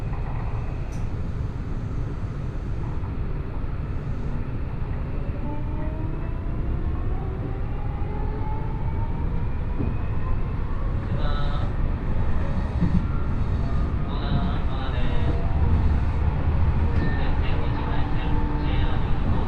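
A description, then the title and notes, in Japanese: Onboard a train ride through Osaka toward the airport, a steady low rumble with rising and falling tonal whines and occasional faint voices. 鉄道旅 大物→梅田→蛍池→大阪空港。蛍池で大阪モノレールに乗り換えて１駅先の大阪空港へと向かいます。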